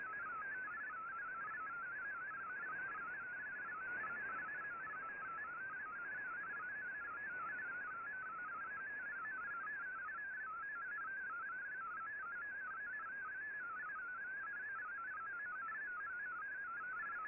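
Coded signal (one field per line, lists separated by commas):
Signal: multi-tone FSK (Olivia or MFSK type)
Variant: MFSK32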